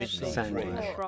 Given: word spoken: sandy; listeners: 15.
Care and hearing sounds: one English word in noise, from a listening test; four-talker babble; -1.2 dB; 3 of 15; 8 of 15; 0.68 s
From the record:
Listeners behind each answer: 8, 3, 1, 1, 1, 1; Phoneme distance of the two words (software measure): 27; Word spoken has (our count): 2 syllables, 5 phonemes, stress on syllable 1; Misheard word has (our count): 2 syllables, 6 phonemes, stress on syllable 1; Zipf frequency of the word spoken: 4.05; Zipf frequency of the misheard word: 4.25

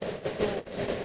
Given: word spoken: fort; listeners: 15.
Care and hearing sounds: one English word in noise, from a listening test; noise modulated by three-talker babble; -7.0 dB; 0 of 15; 7 of 15; 0.65 s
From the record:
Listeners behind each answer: 7, 2, 1, 1, 1, 1, 1, 1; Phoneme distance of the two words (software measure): 10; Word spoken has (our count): 1 syllable, 3 phonemes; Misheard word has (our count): 1 syllable, 3 phonemes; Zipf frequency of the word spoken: 3.94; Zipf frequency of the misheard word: 5.84

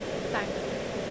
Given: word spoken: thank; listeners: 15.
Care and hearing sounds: one English word in noise, from a listening test; speech-shaped noise; -5.8 dB; 4 of 15; 7 of 15; 0.70 s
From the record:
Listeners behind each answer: 7, 4, 4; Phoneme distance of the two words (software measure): 10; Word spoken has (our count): 1 syllable, 4 phonemes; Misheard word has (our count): 1 syllable, 4 phonemes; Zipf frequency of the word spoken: 5.87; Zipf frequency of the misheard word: 5.28

